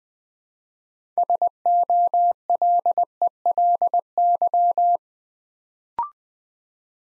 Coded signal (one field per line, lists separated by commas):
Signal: Morse code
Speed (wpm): 20 wpm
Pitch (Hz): 700 Hz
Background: none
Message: SOLELY